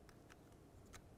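A harness connector is handled at the door bezel switch of a 2000–2005 Buick LeSabre during a front window regulator replacement. Faint ticking and handling noises with brief bright transients come through, ending on a sharp snap-like burst at the very end. Nothing has seated or clicked yet; the connector is not yet home when the clip ends.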